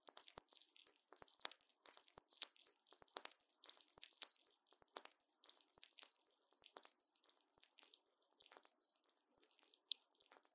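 Popping candy crackles against a microphone, a dense, continuous stream of tiny sharp pops and fizzing snaps. The crackling is bright and hissy, irregular but never stopping, with a few louder bursts around two to four seconds.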